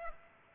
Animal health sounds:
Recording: mosquito wingbeat signal from an infrared sensor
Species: Aedes aegypti

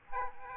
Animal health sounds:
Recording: mosquito wingbeat signal from an infrared sensor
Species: Aedes aegypti

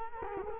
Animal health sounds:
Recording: mosquito wingbeat signal from an infrared sensor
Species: Culex quinquefasciatus

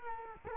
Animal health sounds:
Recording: mosquito wingbeat signal from an infrared sensor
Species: Culex quinquefasciatus

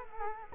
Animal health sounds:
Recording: mosquito wingbeat signal from an infrared sensor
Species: Culex quinquefasciatus

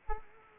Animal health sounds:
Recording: mosquito wingbeat signal from an infrared sensor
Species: Culex quinquefasciatus

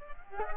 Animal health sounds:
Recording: mosquito wingbeat signal from an infrared sensor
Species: Culex quinquefasciatus

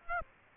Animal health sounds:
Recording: mosquito wingbeat signal from an infrared sensor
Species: Aedes aegypti

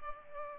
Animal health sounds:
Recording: mosquito wingbeat signal from an infrared sensor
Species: Culex pipiens

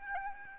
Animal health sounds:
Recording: mosquito wingbeat signal from an infrared sensor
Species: Aedes albopictus

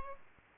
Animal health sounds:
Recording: mosquito wingbeat signal from an infrared sensor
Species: Aedes albopictus

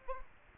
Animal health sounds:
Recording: mosquito wingbeat signal from an infrared sensor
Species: Aedes aegypti

